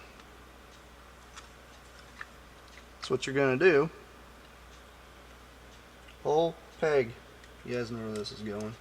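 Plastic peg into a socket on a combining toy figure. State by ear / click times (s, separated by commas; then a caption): not seated / none. A plastic peg on a combining toy figure part is handled near its socket while someone talks, with faint ticks at about 1.4 and 2.2 seconds. Nothing has seated or clicked into the socket yet.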